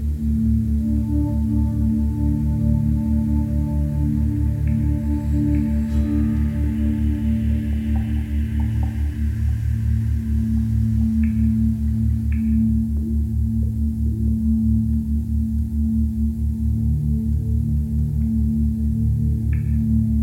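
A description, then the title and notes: Soft music over a steady low pulsing drone, with held ringing tones like a singing bowl and a few faint brighter chimes. Deep Meditation with Soft Music and Theta Brainwaves. Brainwave Entrainment using Binaural Beats.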